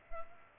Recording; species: mosquito wingbeat signal from an infrared sensor; Culex pipiens